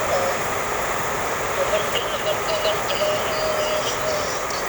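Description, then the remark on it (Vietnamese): A dense, steady hiss of heavy rain fills the whole stretch without pause, broad and loud, with faint higher tones drifting through it. “Mưa quá lớn này.”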